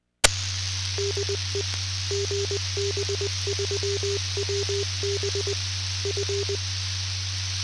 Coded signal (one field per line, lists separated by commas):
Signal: Morse code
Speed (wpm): 20 wpm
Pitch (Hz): 400 Hz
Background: none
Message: DE GB3WB F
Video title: HAM Radio UHF (#GB3WB) // RX Only: #MW6JUY Loc: IO81PQ // #Radio #HAMRadio #HAMR